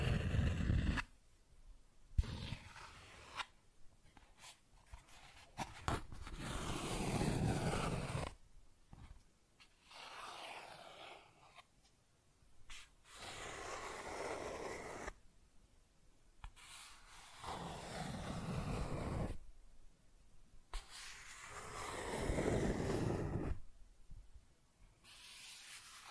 Cardboard Scratching, Tracing, Tearing